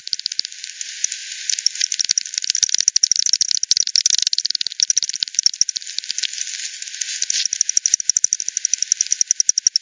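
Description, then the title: Bats echolocating, heard as fast crackling clicks, uneven at first, then settling into steady, sharply separated ticks toward the end. Several bats at Hogsmill River, Hogsmill Lane, 7 October 2020, 18:10; bat detector recording, frequency-divided by 10, band-pass filtered and resampled. "WW bat 20201007 T 18 : 10 Z-Hogsmill-Lane-Hogsmill-River-multiple-bats"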